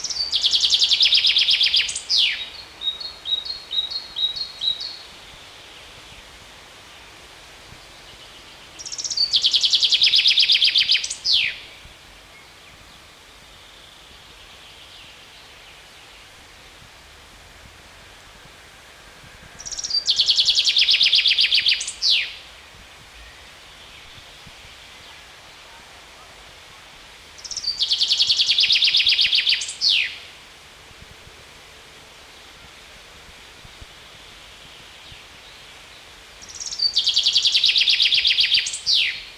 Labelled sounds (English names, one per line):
Common Chaffinch song